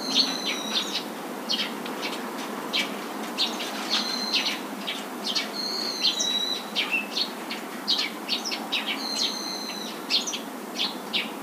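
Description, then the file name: Eurasian tree sparrow chirps, a steady irregular stream of short sharp notes with occasional longer level tones, over faint constant hiss. "suzume"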